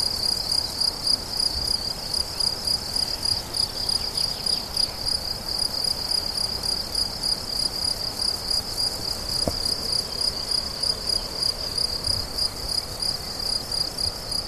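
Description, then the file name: Cricket song, continuous and high-pitched, of rapid regular pulses, with a sharp click partway through. Crickets recorded on 17 July 2013 at La Fortiche with a MZ-N710 recorder. "grillons la fortiche"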